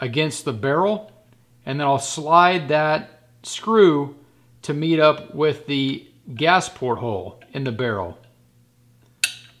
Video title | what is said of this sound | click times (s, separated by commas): Black Rifle Disease Gas Block Dimpling Jig | can hear it click we're kind of seeped into that spot and then | 9.2 s